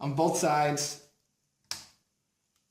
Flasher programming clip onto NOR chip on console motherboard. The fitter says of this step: until we hear that nice clicking noise I love that noise